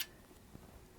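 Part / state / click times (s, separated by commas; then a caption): screw into VCR chassis / not seated / none. A screw is driven back into the chassis of a National NV-G40 VCR during reassembly, but it has cross-threaded and will not go in. A brief noise burst at the start is followed by faint low ticks and thumps, with a small knock near 0.55 s. Nothing has seated or clicked yet.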